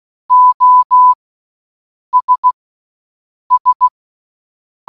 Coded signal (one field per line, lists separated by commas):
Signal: Morse code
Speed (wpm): 16 wpm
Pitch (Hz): 1000 Hz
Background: none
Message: OS S